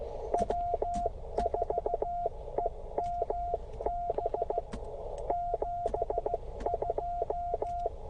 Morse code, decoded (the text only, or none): W4EMB 72